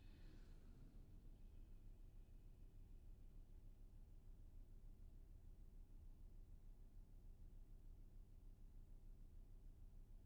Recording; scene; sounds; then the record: everyday scene through a hearing-aid microphone; in a vehicle; engine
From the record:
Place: VW T5 Caravelle, diesel engine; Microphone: behind the ear, left, rear